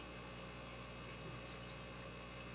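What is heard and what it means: The spring-loaded clip on the gutted lock core of a MUR-LOCK 68 LOTO padlock is pressed down as the core begins sliding back into the padlock housing, meeting a detent-like resistance. A steady, even hum and broadband noise fill the clip with no sudden sounds. Nothing has seated or clicked yet.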